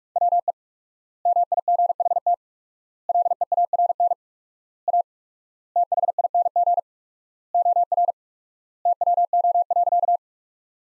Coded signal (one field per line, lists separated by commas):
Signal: Morse code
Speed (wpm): 47 wpm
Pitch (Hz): 700 Hz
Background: none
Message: WE MIGHT LEARN A THING OR TWO.